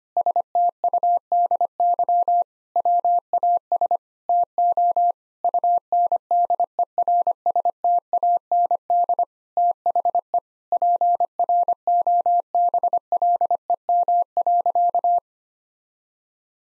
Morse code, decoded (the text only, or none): STUDY WAS TO UNDERSTAND THE PROBLEM.